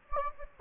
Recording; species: mosquito wingbeat signal from an infrared sensor; Anopheles gambiae